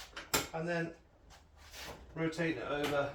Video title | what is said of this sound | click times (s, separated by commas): Unboxing and Review of the Evolution Table Saw: Best Value for Money? #woodworking #video #review | but the way I've been doing it is easing it forward, grabbing the bar with the wheels, rotating it up till it clicks, and | 0.3 s